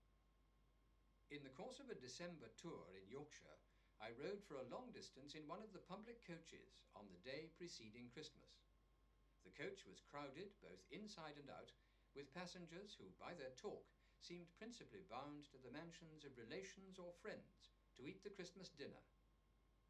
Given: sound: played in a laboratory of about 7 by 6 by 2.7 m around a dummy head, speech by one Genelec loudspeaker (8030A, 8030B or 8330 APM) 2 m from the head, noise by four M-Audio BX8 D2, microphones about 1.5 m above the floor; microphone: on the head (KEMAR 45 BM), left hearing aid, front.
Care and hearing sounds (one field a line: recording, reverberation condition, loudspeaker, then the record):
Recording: male speech in English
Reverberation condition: low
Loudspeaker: 30 degrees to the left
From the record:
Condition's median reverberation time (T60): about 310 ms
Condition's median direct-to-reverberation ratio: about 3.5 dB